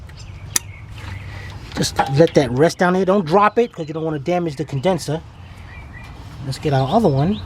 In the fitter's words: plug this up until you hear it click.